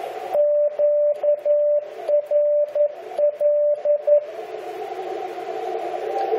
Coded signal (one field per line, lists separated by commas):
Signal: Morse code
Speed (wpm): 10 wpm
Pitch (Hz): 590 Hz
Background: radio noise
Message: QRL